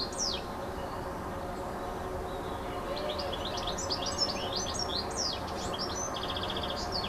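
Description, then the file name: Bird song: a sharp high opening note, then a rapid, varied run of high chirps and a short buzzy trill, above steady broad background noise. Recorded 26 06 14 on a MiniDisc recorder. "Chant d oiseau 26 06 14"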